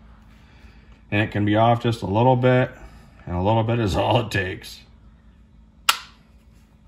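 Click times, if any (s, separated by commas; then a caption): 5.9 s. A drag component is fitted onto a fishing reel body. Someone talks about it needing to line up exactly, then at 5.9 s it drops and snaps into its seat with a single sharp click. The part is seated.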